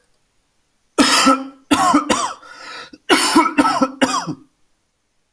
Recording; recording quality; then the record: heavy voluntary cough; excellent, no background noise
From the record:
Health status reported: healthy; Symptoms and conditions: none ticked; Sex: male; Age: 38 years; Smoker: not ticked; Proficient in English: yes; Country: India